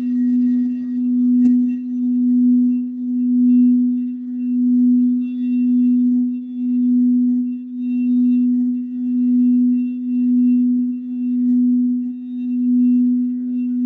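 A crystal singing bowl sustains one steady, pure mid-low tone that swells and fades in slow, regular pulses, with faint higher overtones above.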